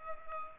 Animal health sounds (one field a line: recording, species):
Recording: mosquito wingbeat signal from an infrared sensor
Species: Culex pipiens